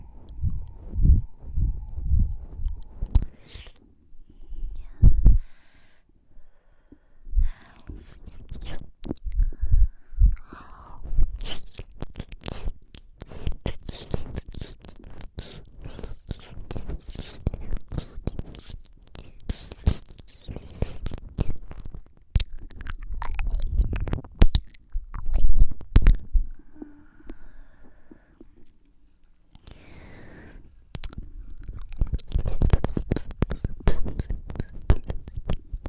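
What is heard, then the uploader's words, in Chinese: Wet slurping and licking sounds on a microphone. Dense runs of sticky clicks and smacks with low muffled thumps start sparse, grow busy from about eleven seconds, pause briefly near twenty-eight seconds, then resume. 刺溜刺溜添设备。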